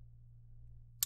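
A metal jump ring, twisted open with pliers, is twisted back closed with slight inward pressure so its ends pass the gap. A steady low hum runs under the clip until a sharp, bright click at 1.0 seconds as the ring's ends snap together and seat.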